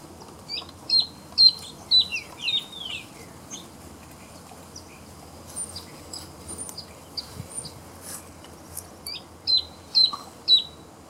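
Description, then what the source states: Spot-breasted thornbird calls: two bursts of sharp descending and hooked whistled notes in quick series, with fainter high chirps between them. Recorded on 6 October 2018.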